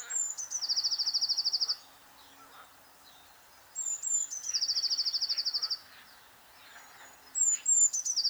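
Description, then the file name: Eurasian blue tit repeating its song three times: high piercing notes that tumble into a long, rapid, ringing trill, every few seconds, over light background hiss. "Cyanistes caeruleus"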